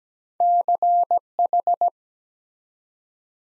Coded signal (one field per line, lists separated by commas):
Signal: Morse code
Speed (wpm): 17 wpm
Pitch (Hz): 700 Hz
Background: none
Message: CH